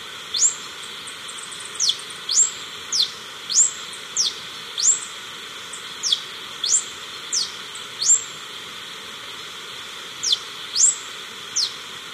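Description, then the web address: Yellow-throated bush tanager song: a long run of sharp, high, sliding notes, mostly every half second to a second with one longer pause, over a steady hiss. Recorded in Ecuador. "Birds of Ecuador Yellow-Throated Bush-Tanager"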